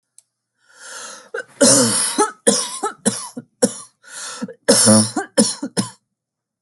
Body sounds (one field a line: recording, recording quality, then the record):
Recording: heavy voluntary cough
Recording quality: excellent, no background noise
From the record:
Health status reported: respiratory illness, not identified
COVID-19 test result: negative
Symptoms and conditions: cough, asthma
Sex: female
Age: 46 years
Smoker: not ticked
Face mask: not worn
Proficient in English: yes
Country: France